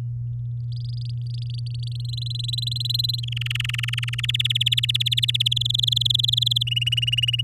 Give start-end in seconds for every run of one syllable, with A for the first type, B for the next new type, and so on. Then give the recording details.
0.72-2.10 A, 2.13-3.20 B, 3.23-4.26 C, 4.28-5.48 D, 5.51-6.63 E, 6.67-7.41 F. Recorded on 10 May 2018 at 16:23. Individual llb16